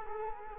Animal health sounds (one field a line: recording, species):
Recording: mosquito wingbeat signal from an infrared sensor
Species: Culex quinquefasciatus